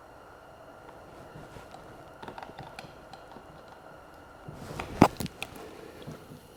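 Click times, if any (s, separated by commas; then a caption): 5.4 s. On a Suzuki GSXR 600/750 motorcycle transmission being reassembled, a shift mechanism part that came off the shift shaft is realigned and pushed back on until it snaps into place. Faint handling noises and small ticks from about 2.2 s give way to louder rustling from about 4.5 s, with sharp clicks near 4.8, 5.0 and 5.3 s. The part seats with a snap at 5.4 s.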